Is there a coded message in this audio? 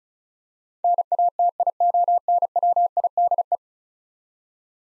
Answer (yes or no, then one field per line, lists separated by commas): yes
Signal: Morse code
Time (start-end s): 0.8-3.5 s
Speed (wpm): 36 wpm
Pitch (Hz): 700 Hz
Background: none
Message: NATIONWIDE